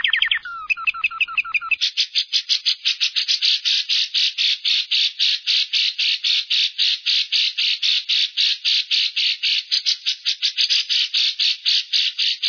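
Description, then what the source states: Lovebird long trill, a few shrill chirps and then a rapid, shrieking, evenly repeated chatter of high notes running unbroken for about ten seconds. Long trill song style called ngekek panjang, used for training lovebirds.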